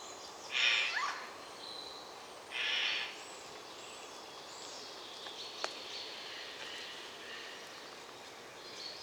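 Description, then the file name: Eurasian jay giving two harsh, rasping screeches about two seconds apart, then quiet with faint background bird notes and a brief click. "Garrulus glandarius"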